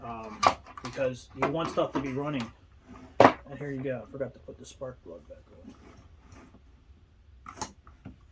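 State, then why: Seated. A rubber spark plug boot is pushed back onto the spark plug terminal of a Husqvarna 120 Mark II chainsaw during a tune-up, after having been forgotten. Someone talks first, then a short click is heard at 7.6 s as the boot seats onto the plug.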